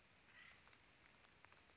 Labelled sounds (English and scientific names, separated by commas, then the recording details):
Acorn Woodpecker (Melanerpes formicivorus)
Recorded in Sonoma County, California